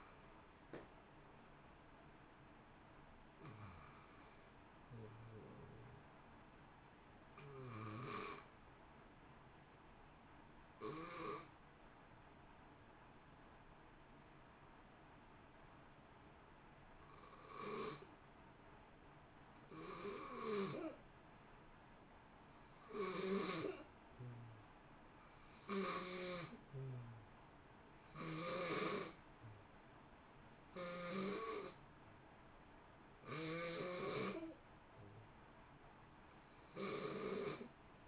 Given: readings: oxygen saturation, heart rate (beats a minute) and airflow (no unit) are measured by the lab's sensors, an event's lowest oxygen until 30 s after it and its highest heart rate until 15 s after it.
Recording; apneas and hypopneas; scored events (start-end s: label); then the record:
breathing in sleep by a voice recorder at the bedside; 1
9.00-38.08 s: new sleep stage, N2 (light sleep)
12.00-28.20 s: hypopnea (N2, oxygen 93% highest, then 85% lowest, heart rate 59 at the start, 65 highest)
From the record:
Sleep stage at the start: N1 (lightest sleep); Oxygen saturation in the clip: 84 to 93%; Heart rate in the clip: 58 to 70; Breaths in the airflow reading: 11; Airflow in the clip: -1.4 to 1.5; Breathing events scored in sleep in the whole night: 328 in 6.3 hours asleep